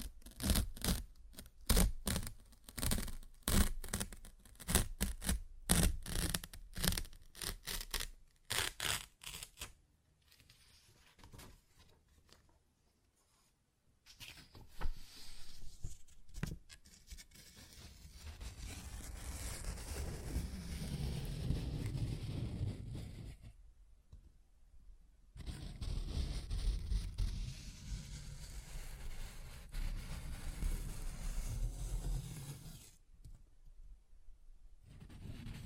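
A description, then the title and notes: Paper is ripped and torn in a rapid run of sharp, bright bursts for the first nine seconds. After a brief quiet gap, slower, longer tearing and crumpling follows in two sustained stretches, low and rough, separated by short pauses around 24 and 33 seconds. ASMR Paper Ripping Tearing Sounds (No Talking).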